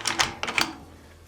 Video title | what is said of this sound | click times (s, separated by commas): GBB KWC mini uzi | it does actually lock into place because the magazine is inserted and there are no rounds it will lock into place | 0.4 s